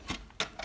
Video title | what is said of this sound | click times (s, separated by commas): How to insert TZe tape, what size, print preview, using the cutter & feeding tape in the PT-D210. | this will line up i'm going to put it in this orientation it's easier for me and you're going to push until you hear that click | 0.4 s